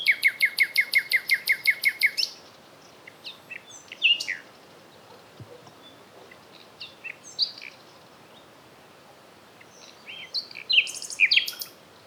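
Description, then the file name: Common nightingale song opening with a loud, rapidly repeated series of notes for about two seconds, then softer scattered notes, ending in another burst of fast notes. "Luscinia megarhynchos"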